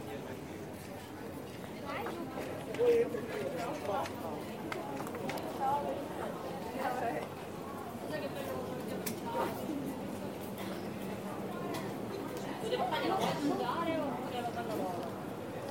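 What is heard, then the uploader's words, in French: Busy street crowd in a Sicilian town, many overlapping voices chattering, steady throughout, with occasional clinks and a louder burst near the end. Taormina, Sicily, Italy. Enregistrements audio réalisés en milieu urbain. Sons des villes.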